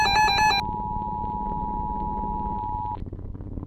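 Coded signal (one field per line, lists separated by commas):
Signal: Emergency Alert System (SAME) tones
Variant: 853 and 960 Hz attention tone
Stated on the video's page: Fictional EAS scenario whose tones are stated to be valid.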